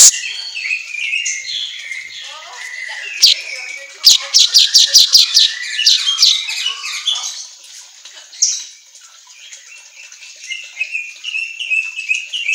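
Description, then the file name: Asian golden weaver song, a jumble of squeaky, buzzy high notes with a fast burst of rapid clicking ticks midway, fading to softer chatter. Song track meant for training songbirds, labelled in Indonesian as an auto gacor recording. "Suara Kicau Manyar Kepala Emas Auto Gacor"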